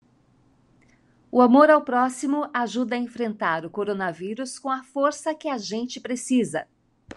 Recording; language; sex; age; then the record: spoken sentence; Brazilian Portuguese; female; 50 to 59 years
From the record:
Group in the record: control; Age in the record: 54 years